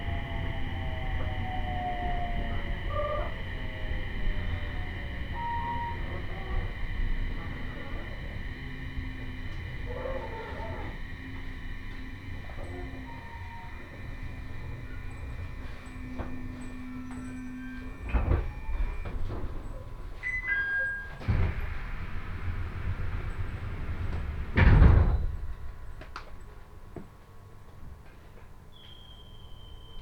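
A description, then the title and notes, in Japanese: A train ride on the Tohoku Main Line, with a steady low rumble and a constant whining hum running throughout. Tones slide and shift as the train changes speed, and sharp clanks and knocks break in around 18, 21 and 25 seconds. 鉄道旅 東北本線 福島→北白川。列車はこの途中で福島県から宮城県へと入っていきます。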